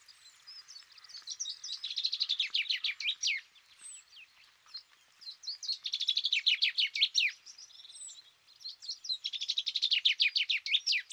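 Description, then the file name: Common chaffinch singing three times, each phrase a quick trill of falling notes closing with a flourish. "Fringilla coelebs"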